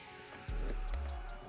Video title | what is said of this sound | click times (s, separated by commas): How to Turn Your 2026 Yamaha R7 DRLs into Turn Signals by TST Industries | Make sure you get a little audible snap. That indicates that the connection has been made and it is locked. | 0.9 s